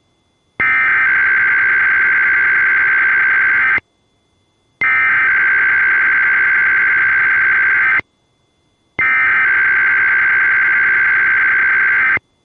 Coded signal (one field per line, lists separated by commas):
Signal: Emergency Alert System (SAME) tones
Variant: header bursts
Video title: 2 Weeklies, 2 Monthies, and 1 ADR (EAS #817-#821)